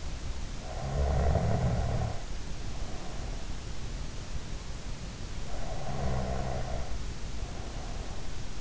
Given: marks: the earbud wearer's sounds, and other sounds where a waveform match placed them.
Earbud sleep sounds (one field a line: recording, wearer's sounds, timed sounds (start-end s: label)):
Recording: sounds in sleep by an in-ear microphone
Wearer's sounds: snoring breath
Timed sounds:
0.16-3.74 s: snoring breath
5.36-8.61 s: snoring breath